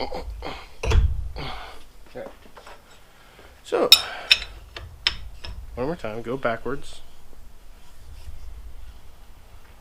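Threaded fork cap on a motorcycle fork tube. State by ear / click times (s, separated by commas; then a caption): not seated / none. Someone talks while a metal threaded fork cap is turned backwards on a Kawasaki KX450F motorcycle front fork tube before tightening, and sharp metallic ticks and clacks are heard amid the handling. The clip ends while the cap is still being handled; nothing has seated or clicked yet.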